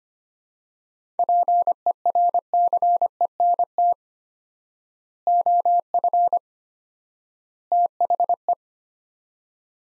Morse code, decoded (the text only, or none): PERCENT OF THE